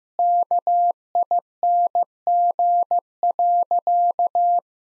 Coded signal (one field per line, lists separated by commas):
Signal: Morse code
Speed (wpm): 15 wpm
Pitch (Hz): 700 Hz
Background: none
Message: KING.